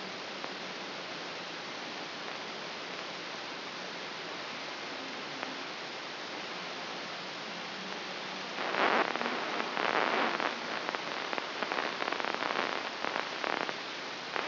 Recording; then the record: brain microelectrode recording played as sound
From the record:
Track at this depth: outside the subthalamic nucleus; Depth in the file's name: 7.306 mm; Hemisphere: left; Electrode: 3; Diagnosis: Parkinson's disease